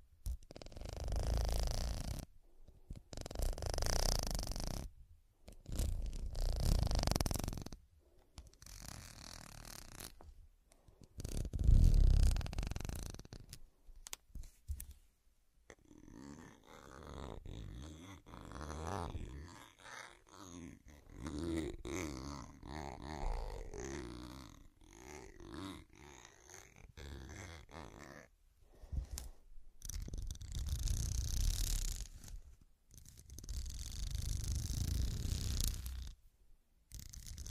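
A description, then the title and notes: Scratching in repeated bursts of rough, raspy strokes, broken by short silences, with a softer, smoother rubbing stretch in the middle. Pure Scratching.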